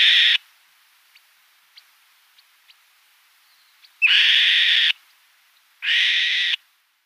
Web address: Schulze Peter Black-shouldered Kite